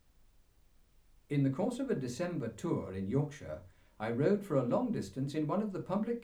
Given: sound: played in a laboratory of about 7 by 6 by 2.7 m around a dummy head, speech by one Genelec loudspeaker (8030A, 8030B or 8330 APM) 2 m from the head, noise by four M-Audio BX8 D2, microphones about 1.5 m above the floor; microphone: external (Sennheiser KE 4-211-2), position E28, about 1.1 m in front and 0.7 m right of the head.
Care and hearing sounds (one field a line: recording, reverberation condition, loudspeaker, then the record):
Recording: male speech in English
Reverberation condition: low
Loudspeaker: 90 degrees to the right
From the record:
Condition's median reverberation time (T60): about 310 ms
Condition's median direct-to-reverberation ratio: about 3.5 dB